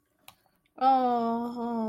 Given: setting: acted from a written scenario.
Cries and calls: vocal sound without words; negative surprise

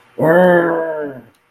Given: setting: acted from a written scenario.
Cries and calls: vocal sound without words; anger

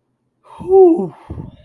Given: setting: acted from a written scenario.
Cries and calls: vocal sound without words; relief

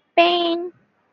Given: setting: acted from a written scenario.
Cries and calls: vocal sound without words; pain

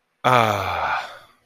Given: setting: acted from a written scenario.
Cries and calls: vocal sound without words; contentment

